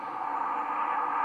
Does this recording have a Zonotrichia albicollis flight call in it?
no